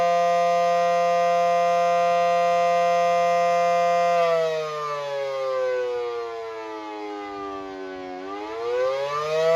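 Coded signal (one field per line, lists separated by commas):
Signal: siren signal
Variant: attack signal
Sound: loud mechanical siren wail holding a note, dipping lower, then rising again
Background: outdoor ambience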